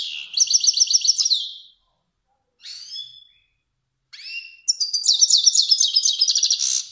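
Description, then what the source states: Finch delivering a fast high trill, two short swept notes, then a long, dense, buzzy trill to the end. Kermani finch.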